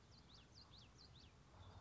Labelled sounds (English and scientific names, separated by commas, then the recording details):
Common Yellowthroat (Geothlypis trichas)
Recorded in Sonoma County, California